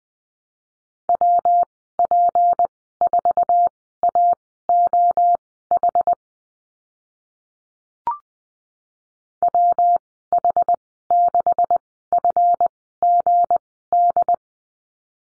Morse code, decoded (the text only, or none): WP4AOH WH6FGD